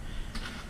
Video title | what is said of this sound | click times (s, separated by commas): How to replace door handle on a 10th gen honda civic sport hatchback | you heard it snap into place. So that's good. | 0.4 s